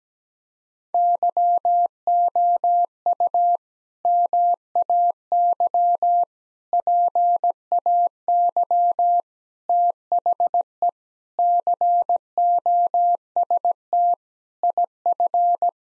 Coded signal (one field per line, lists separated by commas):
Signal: Morse code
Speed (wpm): 17 wpm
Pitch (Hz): 700 Hz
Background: none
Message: YOU MAY PAY THE COST IF